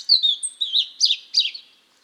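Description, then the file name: European robin giving a brief sweet phrase of four quick wavering, warbled notes, high-pitched and fading away at the end. "Erithacus rubecula"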